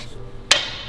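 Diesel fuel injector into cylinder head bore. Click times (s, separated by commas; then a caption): 0.5 s. A diesel fuel injector with a new copper washer and an O-ring coated in clean engine oil is pushed down by hand into its bore in the cylinder head of a Ram 6.7 Cummins, with the fuel line hole facing the right way. A single sharp knock sounds at 0.5 s over a low steady hum, and the injector is seated.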